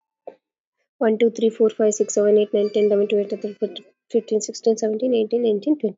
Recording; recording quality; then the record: counting at a fast pace; moderate, slight background noise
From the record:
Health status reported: exposed to COVID-19, no respiratory illness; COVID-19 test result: negative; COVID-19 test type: RT-PCR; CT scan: not taken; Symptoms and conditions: cough, cold, sore throat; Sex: female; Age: 32 years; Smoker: no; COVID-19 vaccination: both doses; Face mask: worn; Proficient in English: yes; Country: India